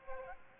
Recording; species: mosquito wingbeat signal from an infrared sensor; Aedes albopictus